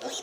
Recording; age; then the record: pig call; piglet (1 to 25 days)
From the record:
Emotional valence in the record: negative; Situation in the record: fighting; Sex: male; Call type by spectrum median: high-frequency call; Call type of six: mixed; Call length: 0.23 s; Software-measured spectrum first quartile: 593 Hz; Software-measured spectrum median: 2447 Hz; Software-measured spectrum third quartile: 4962 Hz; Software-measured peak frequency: 502 Hz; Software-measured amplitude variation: 120 dB a second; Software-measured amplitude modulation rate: 15.1 a second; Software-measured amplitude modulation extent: 8.0 dB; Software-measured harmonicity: 1.3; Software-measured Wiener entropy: -2.05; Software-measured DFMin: 1033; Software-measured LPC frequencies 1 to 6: 619, 1517, 3205, 3735, 5430, 6098 Hz